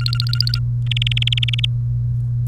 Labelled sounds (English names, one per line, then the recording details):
Domestic Canary song
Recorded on 30 April 2018 at 16:54
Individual llb3